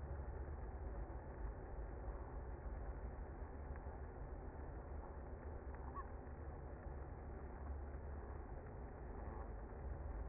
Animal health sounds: honeybee colony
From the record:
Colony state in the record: active

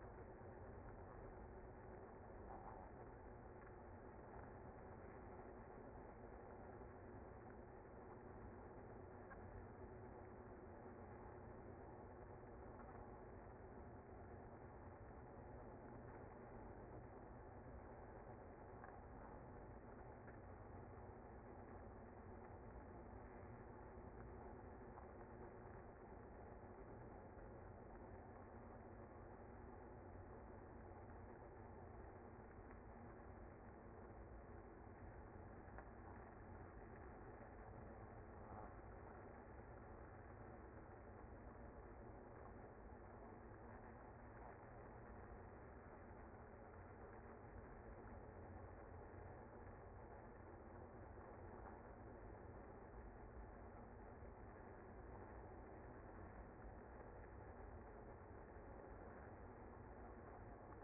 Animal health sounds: honeybee colony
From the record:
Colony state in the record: active

